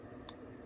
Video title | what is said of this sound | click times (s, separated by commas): Elgin 1915 WWI Rare Red 12 Dial Fahys Oresilver Cased Trench Watch | push it back in a nice click when you push it back in it's gonna come out really easy | 0.3 s